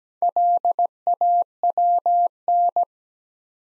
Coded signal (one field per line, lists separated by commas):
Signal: Morse code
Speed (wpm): 17 wpm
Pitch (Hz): 700 Hz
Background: none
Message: LAWN